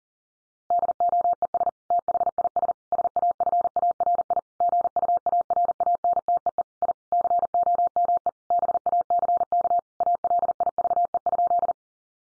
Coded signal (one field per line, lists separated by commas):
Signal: Morse code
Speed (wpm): 40 wpm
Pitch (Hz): 700 Hz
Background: none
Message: DOES THIS SAFARI GUARANTEE I COME BACK ALIVE?